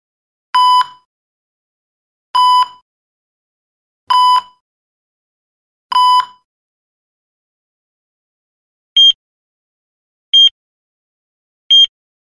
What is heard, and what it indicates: Ecg monitor sound effect.